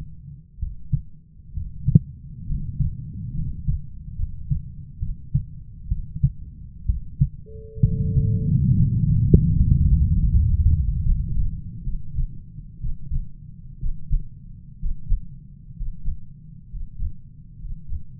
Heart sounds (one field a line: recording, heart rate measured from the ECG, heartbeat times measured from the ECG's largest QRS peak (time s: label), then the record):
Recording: heart sounds by stethoscope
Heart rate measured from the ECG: 67 bpm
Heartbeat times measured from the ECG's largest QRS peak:
0.58 s: heartbeat
1.53 s: heartbeat
2.46 s: heartbeat
3.33 s: heartbeat
4.15 s: heartbeat
4.99 s: heartbeat
5.88 s: heartbeat
6.85 s: heartbeat
7.81 s: heartbeat
8.74 s: heartbeat
9.55 s: heartbeat
10.30 s: heartbeat
11.04 s: heartbeat
11.84 s: heartbeat
12.80 s: heartbeat
13.79 s: heartbeat
14.79 s: heartbeat
15.75 s: heartbeat
16.69 s: heartbeat
17.59 s: heartbeat
From the record:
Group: healthy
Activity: rest 0-7 s, breath hold 7-18 s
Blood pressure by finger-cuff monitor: 130/78 mmHg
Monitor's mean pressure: 91 mmHg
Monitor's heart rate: 63 bpm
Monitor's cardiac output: 7.2 L/min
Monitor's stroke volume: 111 mL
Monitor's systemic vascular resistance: 930 dyn s/cm5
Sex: male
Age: 23 years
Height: 178 cm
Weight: 96.6 kg